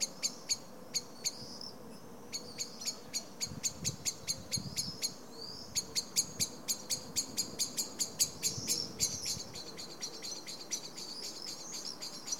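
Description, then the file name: Common blackbird calling a run of metallic ticks, pausing briefly, then resuming faster; low rumbling background noise. "Turdus merula"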